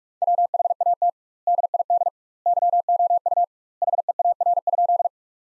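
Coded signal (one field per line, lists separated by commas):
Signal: Morse code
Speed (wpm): 46 wpm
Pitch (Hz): 700 Hz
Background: none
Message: WHAT DID YOU HEAR?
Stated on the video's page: Practice sentences from top 300 words at 45 wpm with double word spacing, a word-level Farnsworth-like method.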